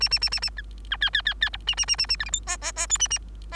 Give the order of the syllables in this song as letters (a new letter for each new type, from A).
A A A A A B B C C C C D A A A A A E F G H H H I A A